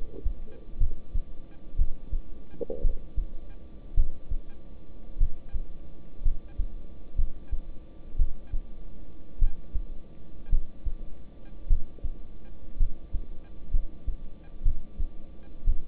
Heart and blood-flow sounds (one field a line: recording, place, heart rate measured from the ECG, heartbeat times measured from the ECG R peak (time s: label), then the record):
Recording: heart sounds by stethoscope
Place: between the tricuspid and mitral areas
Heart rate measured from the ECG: 57 bpm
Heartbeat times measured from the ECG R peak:
0.78 s: heartbeat
1.77 s: heartbeat
2.82 s: heartbeat
3.95 s: heartbeat
5.18 s: heartbeat
6.23 s: heartbeat
7.16 s: heartbeat
8.17 s: heartbeat
9.39 s: heartbeat
10.50 s: heartbeat
11.68 s: heartbeat
12.78 s: heartbeat
13.71 s: heartbeat
14.63 s: heartbeat
15.65 s: heartbeat
From the record:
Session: rest, lying down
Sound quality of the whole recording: good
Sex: male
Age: 26 years